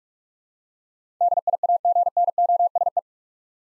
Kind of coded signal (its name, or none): Morse code